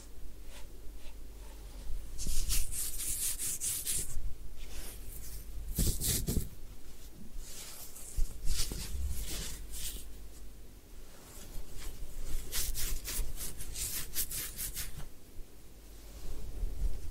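A head spa hair wash and massage, with soft rubbing and scrubbing that comes in bursts of bright, hissy strokes. The strongest scrubbing falls around 2–3 seconds, near 6 seconds, and from about 12 to 15 seconds, with a low steady hum underneath throughout.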